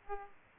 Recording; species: mosquito wingbeat signal from an infrared sensor; Aedes aegypti